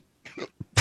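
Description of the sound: Three quick, harsh coughing bursts from an adult man: a choking cough after a sip of coffee went down his windpipe, leaving him unable to talk.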